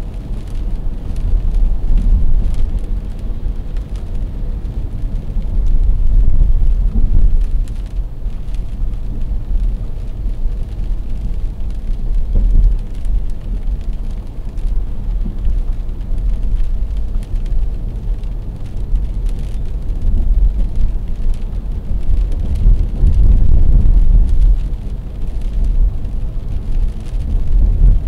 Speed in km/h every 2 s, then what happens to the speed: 66, 64, 60, 58, 59, 60, 59, 60, 61, 61, 62, 62, 61, 61.
0-6 slows to 58. 6-28 steady at about 61.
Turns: none.